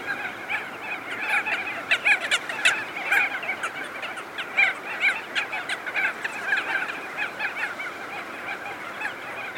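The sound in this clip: Crested auklets calling in quick, punchy nasal bursts over a thick chorus of many birds, the loudest notes clustered early and near five seconds.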